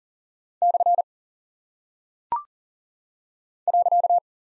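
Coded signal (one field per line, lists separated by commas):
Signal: Morse code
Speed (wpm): 39 wpm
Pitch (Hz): 700 Hz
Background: none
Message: / .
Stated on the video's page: Morse code head-copy drill of punctuation and prosign characters at 40 wpm, each sent twice around a spoken answer.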